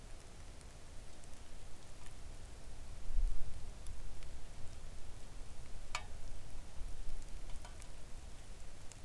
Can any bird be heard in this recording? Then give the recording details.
no. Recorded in the Arctic National Wildlife Refuge, Alaska, on 3 August 2019 at 05:53. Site 41